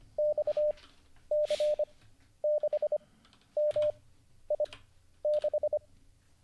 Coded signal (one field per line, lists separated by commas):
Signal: Morse code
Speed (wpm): 25 wpm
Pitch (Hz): 600 Hz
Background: none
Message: XC6MI6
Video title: How to Learn Morse Code (Day 38) [Livestream]